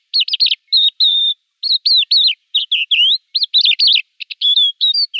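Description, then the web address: Crested lark song: clear, sweet whistled notes, some slurred up and down, others held steady, delivered in a quick, varied sequence with short gaps. "Schulze Peter Crested Lark song"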